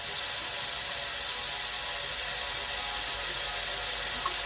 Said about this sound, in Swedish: Liksom om jag spolade kranen så hör ni liksom att det pågår grejer i alla fall.